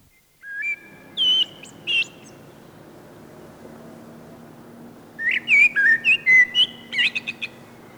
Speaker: Kuunnellaanpa vielä mustarastaan huilu ääntä.